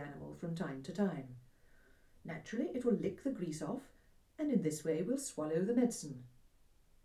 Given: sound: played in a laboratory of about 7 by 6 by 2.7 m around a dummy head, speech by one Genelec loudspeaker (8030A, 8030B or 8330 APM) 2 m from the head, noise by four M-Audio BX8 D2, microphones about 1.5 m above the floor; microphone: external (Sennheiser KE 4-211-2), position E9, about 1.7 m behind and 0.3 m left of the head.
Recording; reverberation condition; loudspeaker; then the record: female speech in English; low; 120 degrees to the right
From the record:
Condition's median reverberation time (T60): about 310 ms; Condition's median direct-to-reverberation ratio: about 3.5 dB